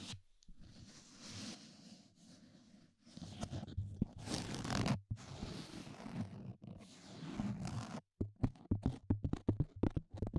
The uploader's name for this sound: EAR MASSAGE